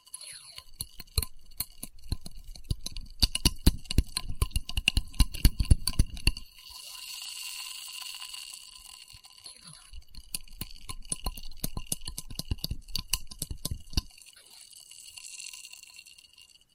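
Experimental triggers in test tubes: dense, rapid glassy clicks and tapping with rattly low thumps, busy from the start to about six seconds. A softer, hissy brushing follows, then the quick clicking returns from about ten to fourteen seconds before fading to light scratching.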